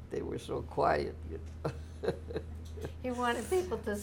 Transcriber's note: chuckles